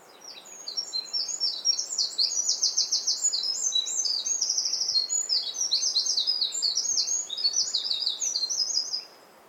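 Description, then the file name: Eurasian wren song, a shrill, fast torrent of high notes broken by buzzy trills, running almost nine seconds without a break. "Troglodytes troglodytes"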